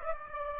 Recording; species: mosquito wingbeat signal from an infrared sensor; Aedes aegypti